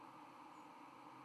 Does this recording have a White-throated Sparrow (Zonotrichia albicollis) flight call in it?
yes